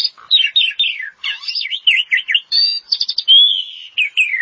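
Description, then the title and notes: Starling song: a fast, varied run of whistled slurs, chattering notes and buzzy trills, with a long clear whistle near the end. "suara burung jalak"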